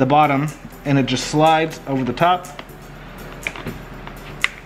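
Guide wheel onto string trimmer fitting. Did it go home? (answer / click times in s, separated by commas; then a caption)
yes / 4.4 s. Someone talks while a plastic guide wheel attachment is slid over the fitting at the bottom of a Worx 20V string trimmer from a two-piece combo kit. After a few faint knocks of handling around 3.5 s and 4.1 s, it is pushed on and snaps into place with a sharp click at 4.4 s, seating the wheel.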